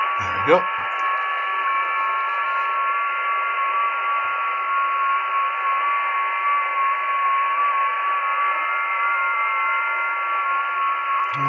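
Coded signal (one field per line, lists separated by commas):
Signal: FT8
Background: speech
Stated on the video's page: FT8 heard on the 40 m band with a Malahit DSP2 all-band receiver, using an endfed antenna or internal loop.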